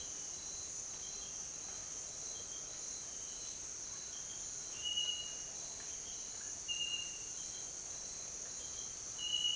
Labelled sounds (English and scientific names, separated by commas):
none